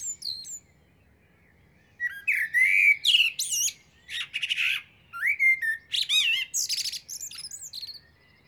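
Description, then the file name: Common blackbird song: a few high squeaky notes, a pause of about one and a half seconds, then low fluty warbled phrases mixed with shrill twittering squeaks to the end. "Turdus merula"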